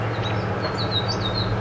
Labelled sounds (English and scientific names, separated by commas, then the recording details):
House Finch (Haemorhous mexicanus) song
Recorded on Long Island, New York, on 22 June 2011
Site IT
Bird A